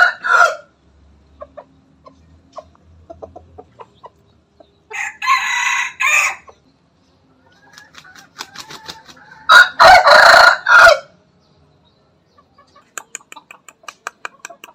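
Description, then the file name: Chicken crowing: a short crow at the start, then two long harsh crows, with brief clucks and clicks between. Bangkok rooster crowing. "suara ayam bangkok berkokok"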